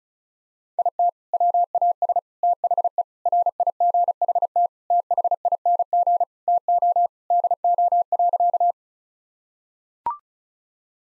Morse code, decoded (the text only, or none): IT WAS THE RIGHT THING TO DO.